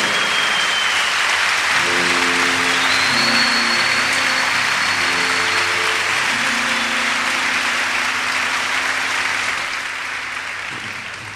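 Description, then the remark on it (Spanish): A concert audience claps steadily in dense, sustained applause for the musicians' women for about ten seconds, with low held tones humming underneath, before the clapping thins and fades near the end. “Así que un aplauso para nuestras mujeres.”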